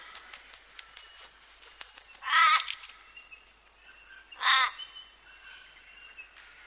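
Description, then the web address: Raven giving two loud rasping croaks a couple of seconds apart, with faint scratchy sounds in the background. "vaswhite. Raven"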